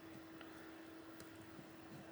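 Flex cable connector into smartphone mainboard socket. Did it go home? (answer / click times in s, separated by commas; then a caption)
yes / 0.4 s, 1.2 s. During a Samsung Galaxy S21 battery replacement, flex cable connectors are pressed down onto their smartphone mainboard sockets. Two short, faint clicks with a slight crunch come at 0.4 s and 1.2 s over a steady background hum, and the connectors seat.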